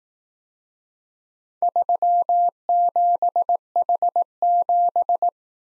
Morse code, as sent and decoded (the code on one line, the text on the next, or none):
...-- --... .... --...
37H7